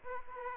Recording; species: mosquito wingbeat signal from an infrared sensor; Aedes aegypti